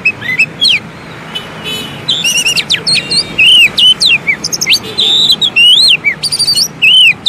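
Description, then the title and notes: Oriental magpie-robin song, a fast medley of sweet whistled slurs, sharp chips and buzzy notes, nearly continuous throughout. Long-duration song for training kept birds to sing, day and night. "Kacer Jadi Gacor Siang Malam. Isian Kacer Durasi Panjang"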